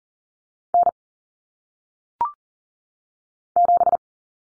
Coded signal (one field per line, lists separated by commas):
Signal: Morse code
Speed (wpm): 40 wpm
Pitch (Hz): 700 Hz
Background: none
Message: N 7